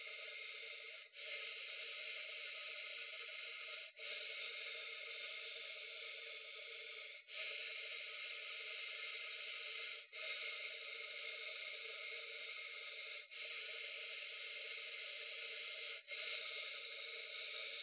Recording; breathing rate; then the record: paced breathing near a phone; 10 breaths a minute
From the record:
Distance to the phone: 20 cm